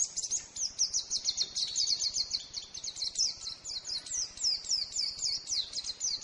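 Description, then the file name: Lemon-bellied white-eye singing a quick, high-pitched chatter of short slurred notes, steady and unbroken, over a soft hiss of background noise. Song from Lombok, used for training songbirds. "pleci lombok omkicau"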